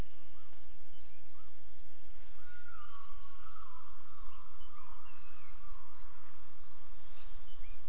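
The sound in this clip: Gibbon calls: a long tonal note held almost level, with short upswept hooks before and after, over steady hiss and a high insect drone.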